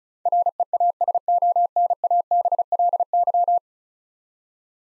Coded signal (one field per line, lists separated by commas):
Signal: Morse code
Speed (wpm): 36 wpm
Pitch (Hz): 700 Hz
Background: none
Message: REASONABLY